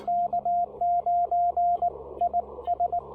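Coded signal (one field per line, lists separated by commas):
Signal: Morse code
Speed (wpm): 20 wpm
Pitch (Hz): 690 Hz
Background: radio noise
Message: K9 IS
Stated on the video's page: QRP Parks on the Air field activation using a Ten-Tec Argonaut V transceiver.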